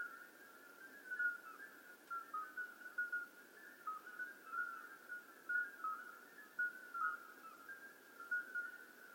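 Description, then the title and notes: Common midwife toads in full chorus, rapid overlapping bell-like whistles at slightly varied pitches, a few notes dipping lower. Hundreds of common midwife toads calling simultaneously at slightly different pitches in an old disused quarry, outskirts of Lerouville, just after midnight; calling begins at dusk and continues through the night. "Outskirts of Lerouville. Common Midwife Toads. Recorded by Colin Hunter. Music for Sleep project"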